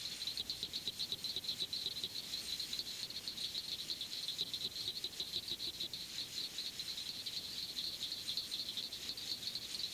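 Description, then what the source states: Southern cricket frog giving quick, sharp, high-pitched clicks repeated in an unbroken stream. Abundant statewide in Florida, heard year-round; call likened to striking two marbles together.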